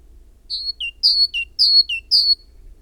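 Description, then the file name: Great tit song: even repeats of a high falling whistle then a lower short note, a clear see-saw pattern against a quiet background. "Parus major"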